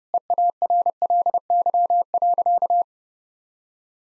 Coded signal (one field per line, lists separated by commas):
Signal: Morse code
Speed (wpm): 30 wpm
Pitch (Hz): 700 Hz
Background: none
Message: EARLY.